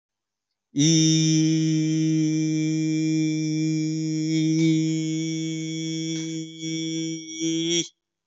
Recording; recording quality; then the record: sustained vowel as in beet; excellent, no background noise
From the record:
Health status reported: COVID-19 positive, mild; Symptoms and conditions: cough, cold, fever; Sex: male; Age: 24 years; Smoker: not ticked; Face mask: not worn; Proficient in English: no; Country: India